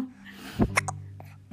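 A single abrupt, short hiccup burst with a sharp catch is heard from a 5-month-old baby girl, followed by a few soft mouth clicks close to the microphone as she mouths it, over a steady low hum. These are ordinary infant hiccups, a common and harmless event in babies.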